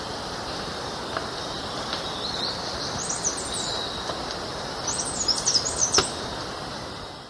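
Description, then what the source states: Pale-tailed barbthroat giving thin, very high squeaky notes in two short bursts, the second a rapid run of several, over a steady insect hiss. Recorded in the eastern lowlands of South America.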